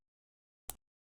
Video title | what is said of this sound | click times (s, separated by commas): Ep22: Master Lock No.5 Padlock | another click now I'm on pin two and I could set um mark my uh pick | 0.7 s